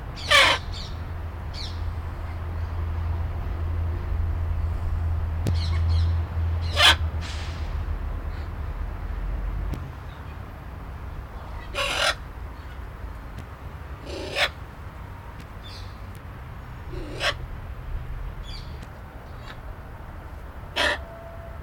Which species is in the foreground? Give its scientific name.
Anodorhynchus hyacinthinus